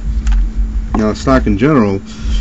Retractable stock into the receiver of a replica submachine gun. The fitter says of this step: and then when you pull it out you hear a firm click when locks